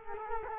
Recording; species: mosquito wingbeat signal from an infrared sensor; Culex quinquefasciatus